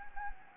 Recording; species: mosquito wingbeat signal from an infrared sensor; Anopheles gambiae